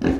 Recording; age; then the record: pig call; growing-finishing pig (85 days or more)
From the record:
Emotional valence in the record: negative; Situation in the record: barren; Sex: female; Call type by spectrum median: low-frequency call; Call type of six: low-frequency tonal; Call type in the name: low-frequency modulated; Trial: 4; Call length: 0.20 s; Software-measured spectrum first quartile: 219 Hz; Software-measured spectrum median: 315 Hz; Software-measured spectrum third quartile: 567 Hz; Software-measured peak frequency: 287 Hz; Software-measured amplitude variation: 163 dB a second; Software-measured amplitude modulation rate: 25.5 a second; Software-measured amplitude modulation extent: 6.4 dB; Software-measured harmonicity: 2.7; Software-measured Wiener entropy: -0.99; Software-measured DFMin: 789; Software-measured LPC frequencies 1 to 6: 334, 1670, 2691, 3935, 5341, 5999 Hz